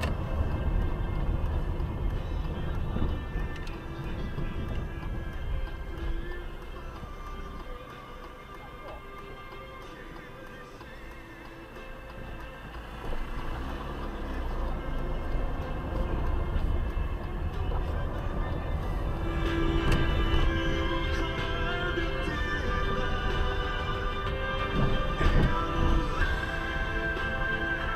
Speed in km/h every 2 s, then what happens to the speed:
22, 18, 9, 3, 0, 0, 0, 5, 16, 19, 21, 20, 19, 20.
0-7 slows to 0. 7-12 standing. 12-19 pulls away to 21. 19-28 steady at about 20.